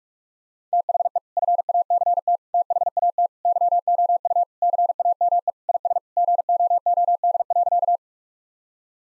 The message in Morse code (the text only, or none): THE FACT THAT YOU CAME IS GOOD.